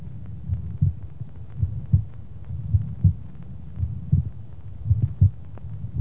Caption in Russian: Второй тон на легочной артерии при митральной недостаточности усилен, акцентирован.